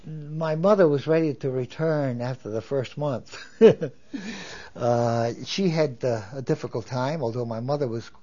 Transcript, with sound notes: My mother was ready to return after the first month. ( he laughs ) Uh, she had, uh, a difficult time. Although my mother was